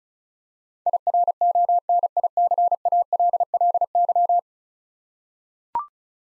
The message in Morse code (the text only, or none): IRONICALLY